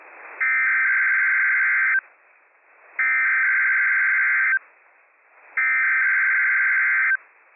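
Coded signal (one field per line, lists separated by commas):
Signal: Emergency Alert System (SAME) tones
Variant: header bursts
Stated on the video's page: Operational EAS tones for a Required Weekly Test on weather radio WWF56 from NWS Pendleton, Oregon, covering several Washington counties.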